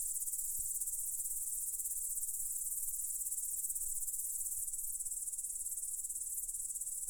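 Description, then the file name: Cricket chirping, a steady high-pitched pulsing trill that runs unbroken throughout, with only a faint low rumble beneath. "cvrcci"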